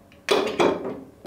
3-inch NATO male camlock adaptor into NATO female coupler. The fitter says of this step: locks into place straight